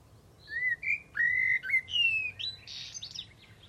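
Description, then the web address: Bird song, a quick run of whistled and slurred notes, some rising and some falling, ending in brighter, buzzier high notes. "Deverinetal. Bird Only"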